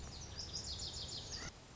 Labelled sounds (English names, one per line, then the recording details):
Lazuli Bunting
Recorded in Sonoma County, California